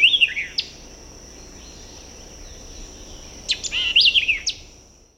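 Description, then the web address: White-eyed vireo singing two brisk phrases of snappy chips and slurred whistles, over a steady high insect-like hiss. "Birds of the Chicago Region. White-eyed Vireo"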